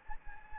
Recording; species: mosquito wingbeat signal from an infrared sensor; Anopheles gambiae